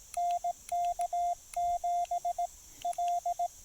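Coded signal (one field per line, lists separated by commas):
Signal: Morse code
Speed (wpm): 17 wpm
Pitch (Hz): 700 Hz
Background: radio noise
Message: NK7L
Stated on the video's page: QRP CW during a POTA park activation including DX contacts, sent on a Discovery TX-500 into an MFJ-1984LP end-fed half-wave antenna.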